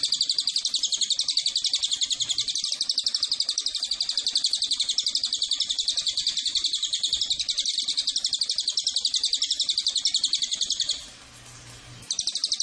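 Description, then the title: Cililin produces a long, unbroken stream of fast, shrill chirps, then a short gap of faint hiss before the rapid series starts again. Used as a lure and tutor (pancingan, masteran) to attract the bird. "MASTERAN SUARA BURUNG CILILIN BISA JUGA PANCINGAN CILILIN"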